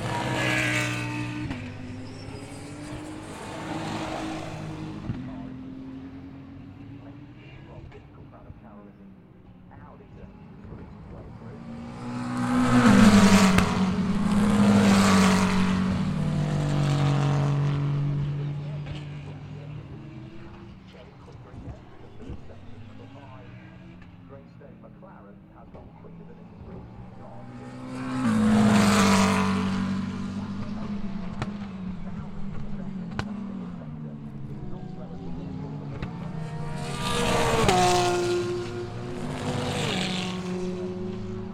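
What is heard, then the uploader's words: Race cars scream past trackside in repeated bursts, near 1, 13–15, 29 and 38 seconds, with a steady engine drone between passes. Trackside Sounds from Donington Park. Audio recorded trackside during Free Practice 1 ahead of the 4th round of the Intelligent Money British GT Championship at Donington Park.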